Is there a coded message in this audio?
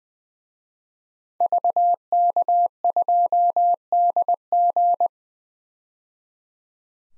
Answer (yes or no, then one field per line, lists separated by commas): yes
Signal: Morse code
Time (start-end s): 1.4-5.1 s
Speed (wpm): 20 wpm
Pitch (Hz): 700 Hz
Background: none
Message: VK2DG